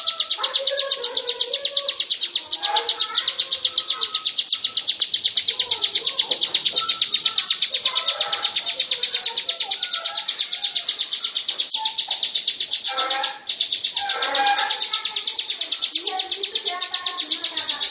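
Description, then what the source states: Lovebird sustains a long shrill chattering trill for the whole stretch, barely pausing once, over a busy layer of quieter chirps and whistles. Long ngekek song (ngekek panjang) style.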